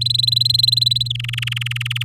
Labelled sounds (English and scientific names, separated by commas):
Domestic Canary (Serinus canaria) song